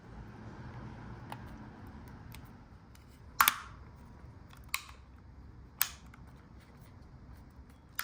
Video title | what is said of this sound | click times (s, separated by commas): Light up your Spaceship!!🚀🛸🔥 Tahoe / Silverado | all right now it's all locked in place | 3.4 s, 4.7 s, 5.8 s, 8.0 s